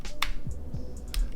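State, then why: Seated. A normal hex driver bit is pushed into an electric screwdriver's quick-release chuck, giving sharp, short clicks at 0.2 s and 1.1 s over a quiet low background. The bit locks right in and seats firmly, so it can't be pulled back out.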